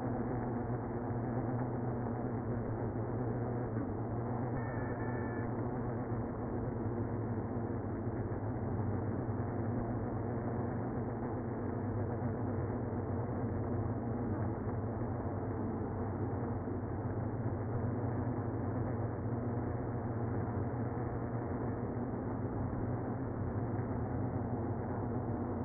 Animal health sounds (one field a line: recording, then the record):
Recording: honeybee colony, microphone inside the hive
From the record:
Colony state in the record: queenless (queen removed)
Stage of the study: after two queens were removed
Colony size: about 60,000 bees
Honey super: yes